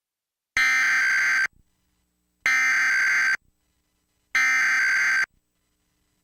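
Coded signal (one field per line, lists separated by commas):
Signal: Emergency Alert System (SAME) tones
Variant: header bursts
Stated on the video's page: Recreation of an earlier Maryland Required Monthly Test alert, made as a mock.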